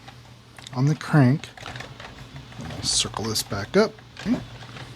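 A keyed plastic pulley is lined up on the keyed crankshaft of a Revell Visible V-8 model engine while someone talks, with a few light handling clicks. The pulley has not been pressed on yet, and nothing has snapped into place or seated by the end of the clip.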